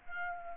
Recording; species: mosquito wingbeat signal from an infrared sensor; Culex quinquefasciatus